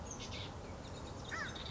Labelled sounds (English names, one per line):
American Crow